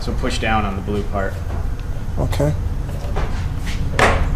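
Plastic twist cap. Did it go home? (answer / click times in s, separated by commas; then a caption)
released / 4.0 s. Someone talks while pushing down on the blue release part of a twist-on cap on a motorcycle. At 4.0 s the cap pops off its base with a sharp snap, and it is released.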